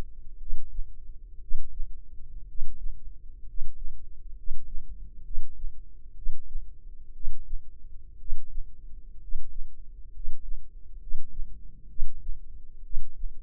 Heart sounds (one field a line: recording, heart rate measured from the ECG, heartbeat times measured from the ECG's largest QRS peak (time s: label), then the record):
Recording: heart sounds by microphone in the left ear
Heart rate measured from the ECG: 63 bpm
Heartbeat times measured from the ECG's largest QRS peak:
0.37 s: heartbeat
1.38 s: heartbeat
2.45 s: heartbeat
3.43 s: heartbeat
4.33 s: heartbeat
5.22 s: heartbeat
6.13 s: heartbeat
7.11 s: heartbeat
8.16 s: heartbeat
9.17 s: heartbeat
10.10 s: heartbeat
10.97 s: heartbeat
11.86 s: heartbeat
12.81 s: heartbeat
From the record:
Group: healthy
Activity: cold pressor test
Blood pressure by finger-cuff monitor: 98/54 mmHg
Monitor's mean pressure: 65 mmHg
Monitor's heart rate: 65 bpm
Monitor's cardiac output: 5.4 L/min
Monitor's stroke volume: 85 mL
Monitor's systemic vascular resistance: 840 dyn s/cm5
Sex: male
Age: 25 years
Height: 170 cm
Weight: 70.4 kg